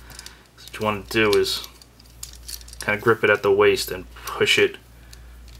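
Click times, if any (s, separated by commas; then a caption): 5.1 s. Someone talks while gripping a FansProject CA-12 Last Chance transforming robot figure (Stunticon Dead End) at the waist and pushing its one-piece plastic chest and canopy section into the torso, with small handling taps and clicks along the way. The chest section clicks into place at 5.1 seconds and is seated.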